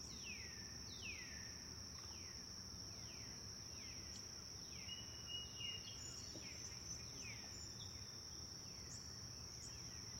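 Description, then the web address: Birds: downward-swooping chirps repeated throughout, with a brief flat whistle midway, set against a steady insect whine. Several birds chirping in a forest. "sound-effects-bible Forest Birds Chirp"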